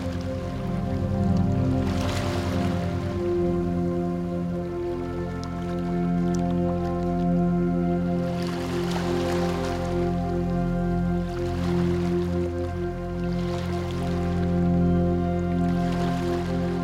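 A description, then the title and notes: Gentle waves lap at the shore, with soft splashing washes rising around two, nine, twelve and fifteen seconds and small drips and trickles between them. A steady low hum with a few constant tones runs underneath throughout, and the overall level stays fairly even. Gentle waves lapping at the shore.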